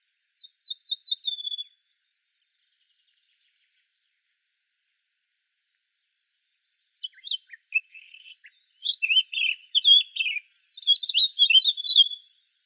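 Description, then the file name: Eurasian blackcap calls: a short fast trill, a pause of several seconds, then scratchy chattering notes and rapid twitters. "Sylvia atricapilla"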